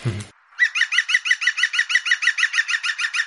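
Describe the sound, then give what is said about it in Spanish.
After a brief noisy burst, a bird call sound effect repeats a quick, high chirping note about fifteen times in an even, rapid rhythm, bright and fairly loud with no talking. “Ah, vale, nos avisa el pájaro observador que ya está el sistema de vasos y hilos listo.”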